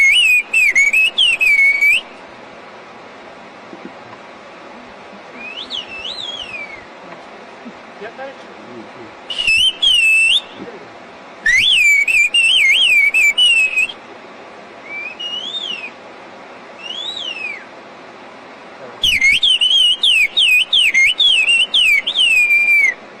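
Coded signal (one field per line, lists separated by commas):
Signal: whistled language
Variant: Kurdish whistled speech (kuş dili)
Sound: loud human whistles gliding up and down in speech-like phrases, with pauses between exchanges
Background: outdoor background noise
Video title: Kuş dili konuşan Hakkari'li Kürtler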